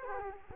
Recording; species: mosquito wingbeat signal from an infrared sensor; Culex quinquefasciatus